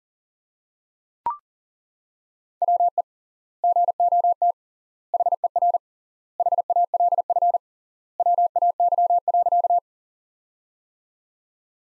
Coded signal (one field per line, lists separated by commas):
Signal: Morse code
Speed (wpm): 40 wpm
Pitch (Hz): 700 Hz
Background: none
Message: WE GOT HER HALF WAY.